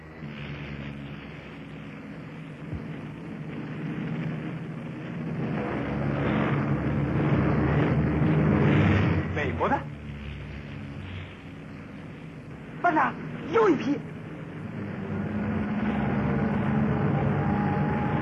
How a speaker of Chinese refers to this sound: 和国民党徽的飞机一架架接踵而来，他们疯狂地俯冲投弹。